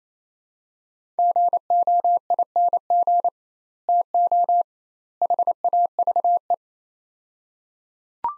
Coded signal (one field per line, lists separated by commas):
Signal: Morse code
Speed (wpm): 27 wpm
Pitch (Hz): 700 Hz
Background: none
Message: GOING TO HAVE